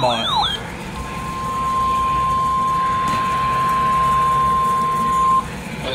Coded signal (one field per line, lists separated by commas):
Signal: Emergency Alert System (SAME) tones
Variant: 1050 Hz attention tone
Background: speech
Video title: Enhanced Interests.... | EAS Alerts from 8/6/24 | EAS#1,133 - 1,202